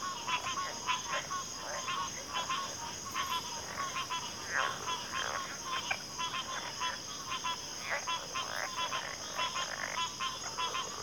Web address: WLL Grade 1-12 Pre-Uni Library Enter Natures Songs Sleep Sounds of Nature CRICKETS 03 Backwater Chorus